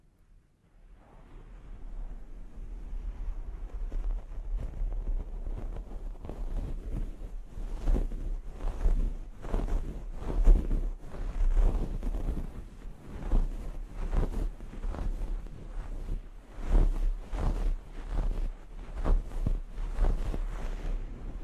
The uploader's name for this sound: Personal Attention Scalp Massage, Hair Wash